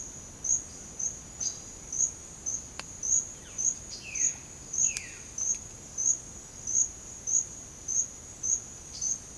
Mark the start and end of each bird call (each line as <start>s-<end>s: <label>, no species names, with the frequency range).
3.94s-5.26s: bird call (1.4-3.6 kHz)
8.93s-9.17s: bird call (2.7-5.5 kHz)